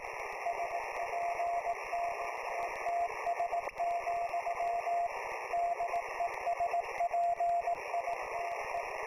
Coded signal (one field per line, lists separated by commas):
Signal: Morse code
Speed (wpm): 18 wpm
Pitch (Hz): 690 Hz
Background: none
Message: SPTETS, DESPITE